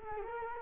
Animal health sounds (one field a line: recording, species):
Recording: mosquito wingbeat signal from an infrared sensor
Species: Culex quinquefasciatus